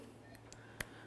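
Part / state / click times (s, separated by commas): caliper slider pin into rubber boot on brake caliper bracket / seated / 0.8 s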